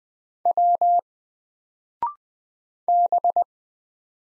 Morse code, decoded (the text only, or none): W B